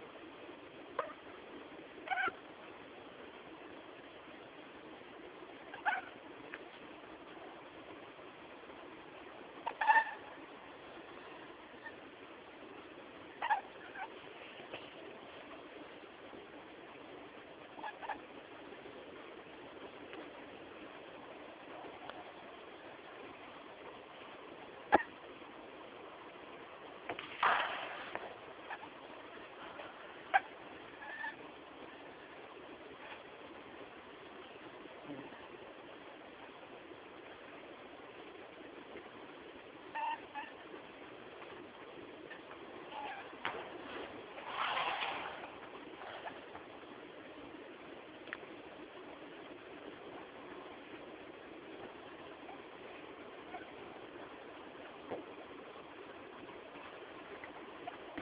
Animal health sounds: mosquito flight sound by mobile phone; Anopheles stephensi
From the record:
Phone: Samsung T209

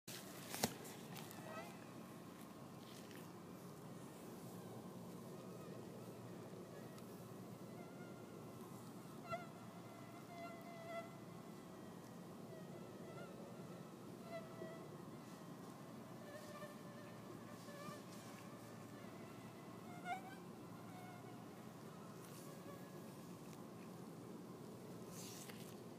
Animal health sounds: mosquito flight sound by mobile phone; Anopheles farauti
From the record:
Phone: iPhone 6

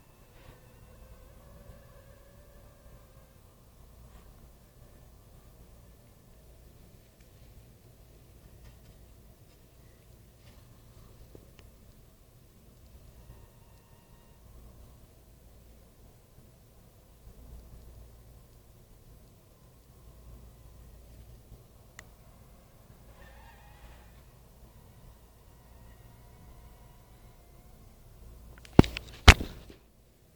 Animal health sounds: mosquito flight sound by mobile phone; Anopheles minimus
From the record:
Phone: Nokia 5235

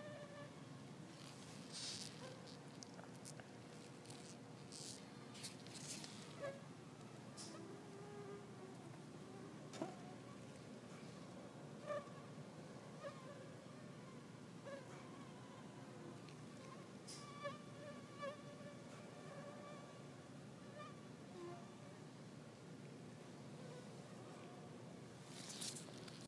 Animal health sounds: mosquito flight sound by mobile phone; Culex pipiens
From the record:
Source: SanMateoVCD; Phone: iPhone 4S

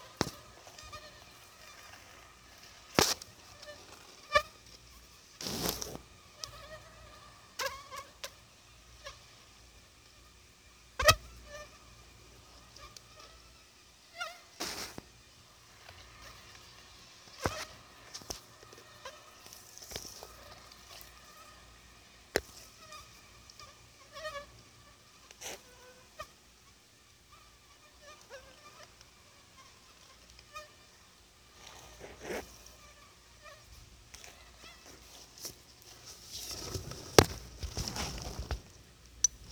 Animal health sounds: mosquito flight sound by mobile phone; Anopheles gambiae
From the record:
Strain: Akron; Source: CDC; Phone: Sony Xperia

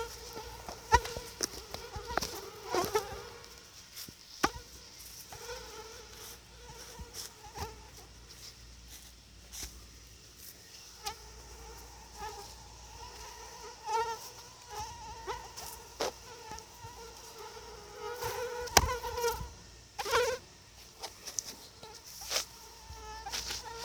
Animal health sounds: mosquito flight sound by mobile phone; Anopheles atroparvus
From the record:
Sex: female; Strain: EBRO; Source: CDC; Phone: Sony Xperia

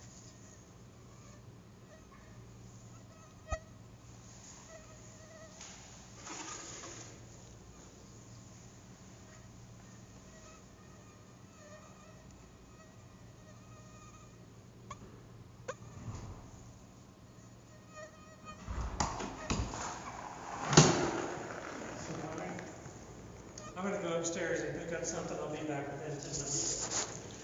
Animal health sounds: mosquito flight sound by mobile phone; Anopheles stephensi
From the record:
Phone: Google Nexus

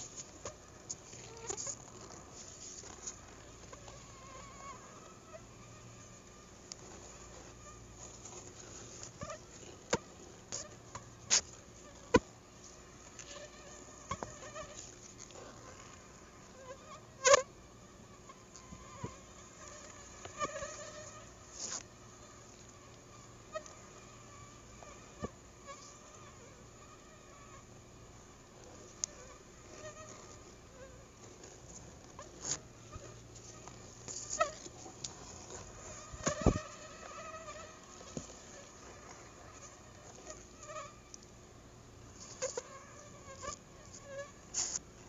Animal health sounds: mosquito flight sound by mobile phone; Anopheles gambiae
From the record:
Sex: female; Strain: Akron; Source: CDC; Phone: Google Nexus

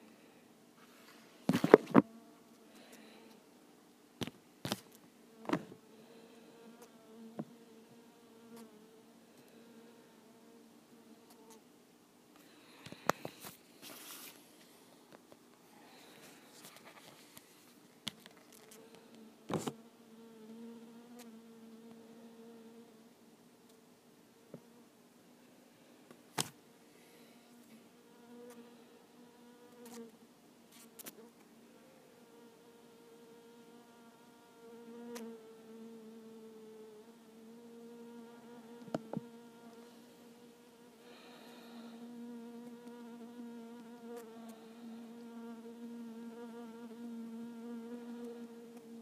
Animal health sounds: mosquito flight sound by mobile phone; Culiseta incidens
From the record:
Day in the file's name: 2

